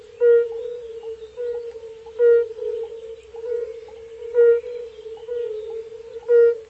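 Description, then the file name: European fire-bellied toads calling: mellow, hollow low 'oop' notes repeated about every two seconds, over a continuous humming chorus of more toads. "Bombina bombina"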